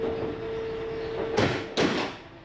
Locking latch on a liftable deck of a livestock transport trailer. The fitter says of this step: now you hear it clicking so drop her down now